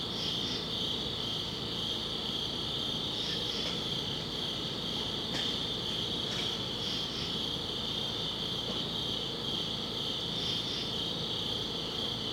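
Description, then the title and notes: Cricket chorus of a steady high trill, with repeated doubled chirps every few seconds and a brief click, over a low hum. Crickets outdoors at a summit at dusk. "Ext. Summit Crickets, Dusk by Bandeto"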